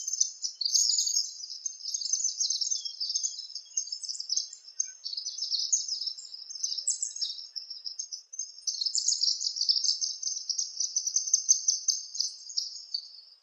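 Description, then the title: Palm tanager giving a dense, continuous stream of high, squeaky twittering chirps, with a short lull after about eight seconds before the chatter resumes. "Sanhaçu-do-coqueiro (Tangara palmarum)"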